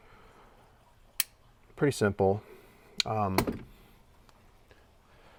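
A small release button is pushed on the metal locking folding leg bracket of a wooden sofa bed leg, unlocking it with one loud, sharp click at 1.2 s. Someone talks afterward, and two faint ticks follow near 4.3 s and 4.7 s. The bracket is released.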